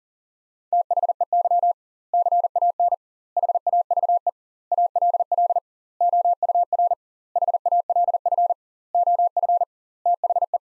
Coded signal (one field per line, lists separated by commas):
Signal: Morse code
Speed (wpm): 37 wpm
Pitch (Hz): 700 Hz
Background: none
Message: THEY CAN HAVE ALL OUR HALF OF THE